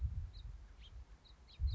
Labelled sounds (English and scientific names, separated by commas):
House Finch (Haemorhous mexicanus)